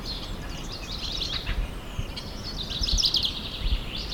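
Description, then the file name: Common chaffinch song, short high trilled phrases, one early and a brighter burst near the end, set against continuous low rumbling noise. "Fringilla coelebs"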